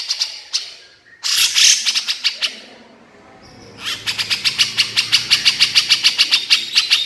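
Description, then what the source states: Horsfield's bush lark song: a few high ticking notes, a loud harsh burst, a pause, then a long steady stream of rapid high ticking notes. Masteran recording of a branjangan for training other songbirds; described as super gacor, singing continuously.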